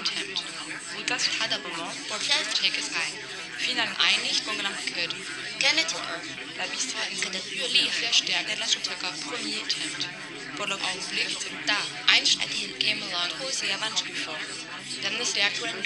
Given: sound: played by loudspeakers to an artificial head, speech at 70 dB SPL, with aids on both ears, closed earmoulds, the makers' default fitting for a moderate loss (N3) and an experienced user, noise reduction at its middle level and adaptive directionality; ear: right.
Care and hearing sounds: speech test signal (ISTS) in cocktail-party noise; -6 dB; in front (0 degrees)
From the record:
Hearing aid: class 1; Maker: B

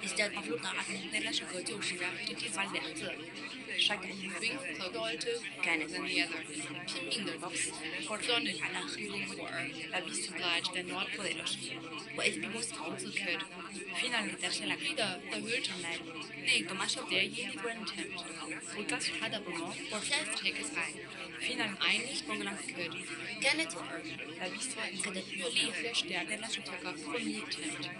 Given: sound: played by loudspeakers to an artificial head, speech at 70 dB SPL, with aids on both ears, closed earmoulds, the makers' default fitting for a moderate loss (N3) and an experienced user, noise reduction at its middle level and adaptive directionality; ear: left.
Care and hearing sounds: speech test signal (ISTS) in cocktail-party noise; -6 dB; in front (0 degrees)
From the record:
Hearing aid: class 2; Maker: C

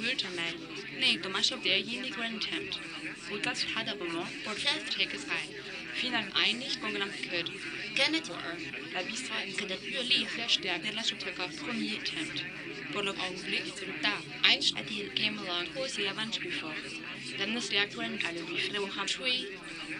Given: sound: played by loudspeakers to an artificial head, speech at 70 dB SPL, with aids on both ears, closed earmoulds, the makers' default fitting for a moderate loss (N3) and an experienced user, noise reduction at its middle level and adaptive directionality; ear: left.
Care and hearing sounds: speech test signal (ISTS) in cocktail-party noise; 0 dB; in front (0 degrees)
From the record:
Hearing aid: class 2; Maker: D

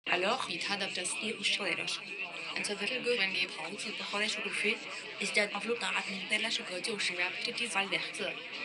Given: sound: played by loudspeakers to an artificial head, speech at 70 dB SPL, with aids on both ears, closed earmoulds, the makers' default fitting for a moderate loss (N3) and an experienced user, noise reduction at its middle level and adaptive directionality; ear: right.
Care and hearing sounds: speech test signal (ISTS) in cocktail-party noise; +6 dB; in front (0 degrees)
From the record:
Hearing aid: class 2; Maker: I

